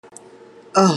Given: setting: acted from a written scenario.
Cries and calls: vocal sound without words; anger

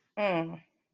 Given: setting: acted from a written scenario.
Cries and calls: vocal sound without words; contempt

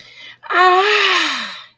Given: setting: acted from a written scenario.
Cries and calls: vocal sound without words; ecstasy

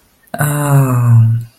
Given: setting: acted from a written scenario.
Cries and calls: vocal sound without words; adoration

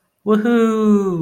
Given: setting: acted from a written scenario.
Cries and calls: vocal sound without words; amusement

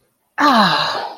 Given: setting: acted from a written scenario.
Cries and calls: vocal sound without words; pride

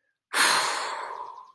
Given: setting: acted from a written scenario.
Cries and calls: vocal sound without words; relief

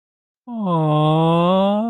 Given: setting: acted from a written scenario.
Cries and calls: vocal sound without words; adoration

